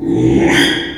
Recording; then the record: squeal of a Yucatan mini pig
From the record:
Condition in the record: after surgery on the right vocal fold (resection and tissue-engineered implant); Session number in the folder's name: 3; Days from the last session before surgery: 33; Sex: male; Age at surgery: 12 weeks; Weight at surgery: 13 kg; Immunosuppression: cyclosporine, prednisolone